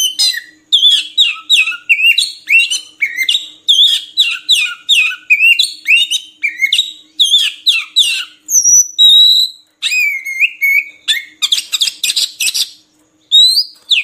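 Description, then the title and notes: Oriental magpie-robin song, a steady repeated phrase of downslurred chirps, then varied whistles and a rising note near the end. Long-duration magpie-robin singing meant as tutor material for training birds to sing actively day and night. "Kacer Jadi Gacor Siang Malam. Isian Kacer Durasi Panjang"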